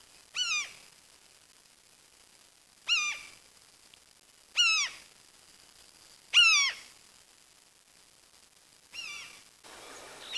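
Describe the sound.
Bird calls, short harmonic notes sliding downward, given singly about every two seconds, five or six in all against a quiet background.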